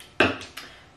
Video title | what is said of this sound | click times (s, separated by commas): Preschool Farm Arts & Crafts | We gotta push it in until we hear a click. | 0.2 s